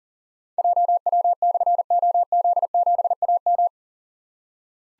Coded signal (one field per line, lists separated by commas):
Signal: Morse code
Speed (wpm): 42 wpm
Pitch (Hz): 700 Hz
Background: none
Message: JW/OZ7AM